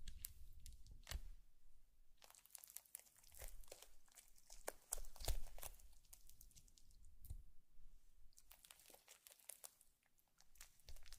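Slime sounds: rapid, irregular crackles and wet crinkling pops in dense bursts, with brief pauses near one and eight seconds.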